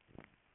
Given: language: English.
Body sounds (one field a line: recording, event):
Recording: throat vibration sensor signal played as sound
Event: swallow